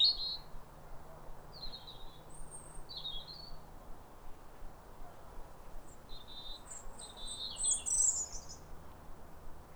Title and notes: Sound Escape 150: Be uplifted by a chorus of New Year's robins. A pair of robins in neighbouring gardens welcome the early sun with wistful phrases as if chatting over the fence. BBC Countryfile Magazine. Recorded by Fergus Collins